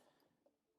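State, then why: Not seated. A CanSmart CAN-bus controller module's plug is handled and pushed toward a motorcycle's wiring harness connector, producing soft, low handling noise with a faint tick near 0.5 s. Nothing has seated or clicked into place yet.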